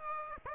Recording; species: mosquito wingbeat signal from an infrared sensor; Aedes aegypti